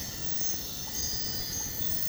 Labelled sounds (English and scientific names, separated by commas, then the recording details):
none
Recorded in secondary vegetation near Puerto Asís, Putumayo, Colombia, on 18 February 2024 at 04:30
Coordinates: 0.468, -76.324
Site G6381